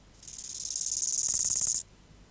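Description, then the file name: Bow-winged grasshopper song: a single phrase of quick, high, scratchy pulses rising in volume for over a second. Faint low clicks sound underneath. "Chorthippus biguttulus"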